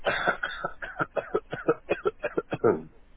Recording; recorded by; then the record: voluntary cough; telephone call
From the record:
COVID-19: positive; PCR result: checked with the laboratory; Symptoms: no